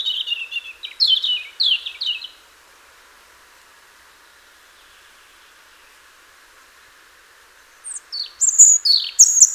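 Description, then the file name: European robin song in two bursts of rapid slurred, falling notes separated by several seconds of near silence. "Erithacus rubecula"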